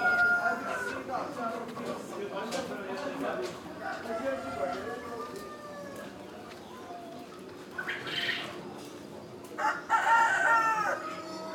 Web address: Morocco sound library by Faunethic Market for chicken hen and bird outdoor, voices and activity